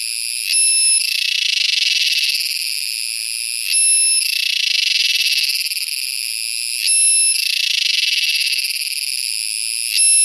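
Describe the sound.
Purana sagittata cicada giving a sustained rapid buzzing song, broken every three seconds or so by a short clear whistled note, then the pulsing drone returns.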